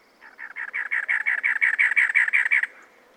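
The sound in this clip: Cactus wren song: a steady run of many harsh, scratchy chug notes over about two and a half seconds, then quiet.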